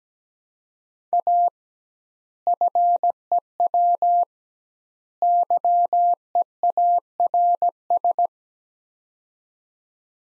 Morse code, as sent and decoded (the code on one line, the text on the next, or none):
.- / ..-. . .-- / -.-- . .- .-. ...
A FEW YEARS